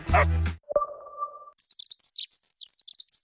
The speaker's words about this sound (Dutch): Word je ook zo blij van de eerste hegemus?